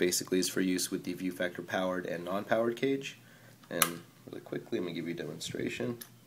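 An HDMI cable plug is handled near a camera's HDMI port, to be held by a ViewFactor cable-lock clamp for powered and non-powered cages. Someone talks throughout, with faint handling noises in the pauses. Nothing has seated or clicked yet.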